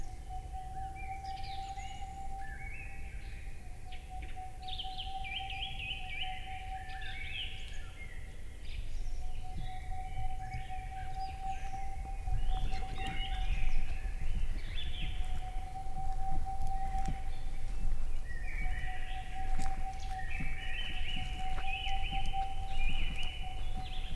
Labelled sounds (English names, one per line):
Boreal Owl